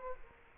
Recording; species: mosquito wingbeat signal from an infrared sensor; Culex quinquefasciatus